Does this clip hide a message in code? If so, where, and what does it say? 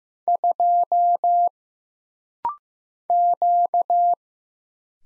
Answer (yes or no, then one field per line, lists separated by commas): yes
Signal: Morse code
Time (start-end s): 0.3-4.1 s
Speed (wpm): 15 wpm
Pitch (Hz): 700 Hz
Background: none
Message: 2 Q